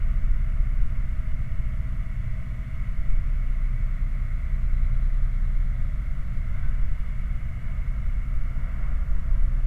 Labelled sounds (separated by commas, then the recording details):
machinery, flare stack
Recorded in the Prudhoe Bay oil fields, Alaska, on 11 August 2019 at 22:23
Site 29